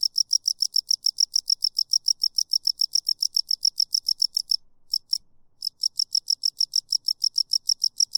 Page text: Single Cricket Long: A single cricket, cicada, playing away. Stops occasionally, then continues. Swamp, Marsh & Woods